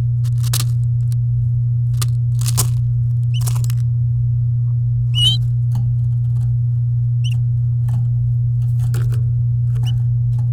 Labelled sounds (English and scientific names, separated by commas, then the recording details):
Domestic Canary (Serinus canaria) song
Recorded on 9 May 2018 at 08:21
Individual llb16